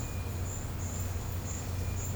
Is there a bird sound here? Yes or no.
no